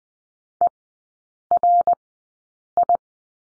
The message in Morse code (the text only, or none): ERI